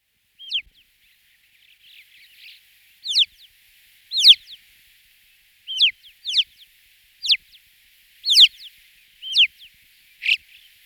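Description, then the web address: Bird calls: sharp, high, downward-sweeping notes given singly or in quick pairs at irregular intervals, with quiet soft chatter between them. "Kurs PTTK Przyroda Ptaki wieszczek"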